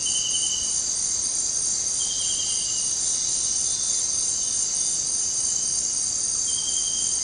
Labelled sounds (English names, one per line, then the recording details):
none
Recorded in dense forest near Puerto Asís, Putumayo, Colombia, on 12 March 2025 at 18:00
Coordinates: 0.467, -76.328
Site G041